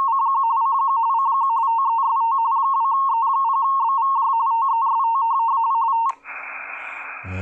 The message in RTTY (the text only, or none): CQ CQ CQ TEST 2E0BVJ TEST